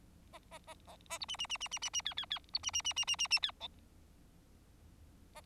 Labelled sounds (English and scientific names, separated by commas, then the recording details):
Bengalese Finch (Lonchura striata domestica) song
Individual Bird4